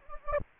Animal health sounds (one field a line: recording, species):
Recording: mosquito wingbeat signal from an infrared sensor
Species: Anopheles gambiae